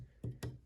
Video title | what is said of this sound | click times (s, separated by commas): Ender 3 V2 quick setup | so that one is going to come through through here so we'll pop that into place | 0.4 s